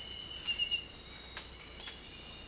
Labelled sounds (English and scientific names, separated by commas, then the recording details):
none
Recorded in dense forest near Puerto Asís, Putumayo, Colombia, on 18 February 2024 at 06:30
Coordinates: 0.500, -76.322
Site G6465